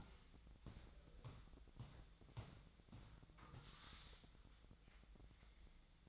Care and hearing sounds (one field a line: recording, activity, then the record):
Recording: daily activity, microphone in the room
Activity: walk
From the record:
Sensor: 3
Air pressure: 1012.2 hPa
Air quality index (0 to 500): 183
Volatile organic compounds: 3 ppm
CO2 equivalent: 1404 ppm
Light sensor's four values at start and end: 53/140/60/63 and 50/131/57/60